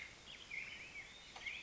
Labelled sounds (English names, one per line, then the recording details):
Black-headed Grosbeak
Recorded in Sonoma County, California